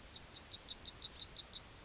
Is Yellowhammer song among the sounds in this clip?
yes